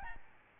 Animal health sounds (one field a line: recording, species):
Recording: mosquito wingbeat signal from an infrared sensor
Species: Aedes albopictus